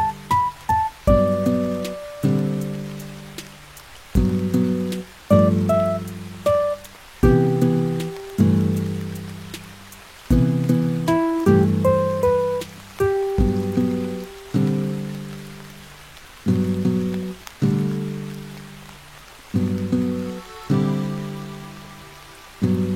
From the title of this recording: Music w/ Rain Sounds